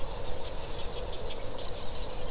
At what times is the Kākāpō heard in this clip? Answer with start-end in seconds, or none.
none